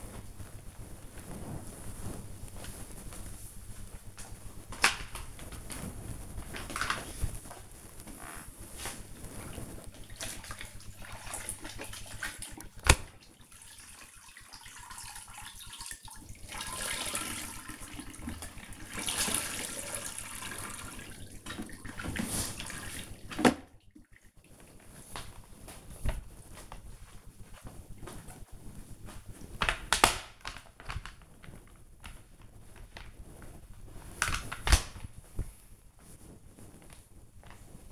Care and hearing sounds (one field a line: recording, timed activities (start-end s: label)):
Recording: household activities, microphone on the right wrist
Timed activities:
3.74-37.92 s: floor cleaning